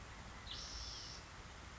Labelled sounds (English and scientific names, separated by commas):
Spotted Towhee (Pipilo maculatus)